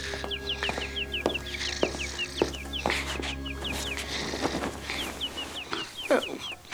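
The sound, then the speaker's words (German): Tommy, a small bird, chirps rapidly and excitedly outside Pinocchio's window, a steady stream of short, high tweets running throughout, mixed with occasional lower clucking sounds and faint background rumble. “Nicht einmal Tommy, der kleine Vogel, der aufgeregt vor Pinocchios Fenster zwitscherte, konnte ihn zum Aufstehen bewegen.”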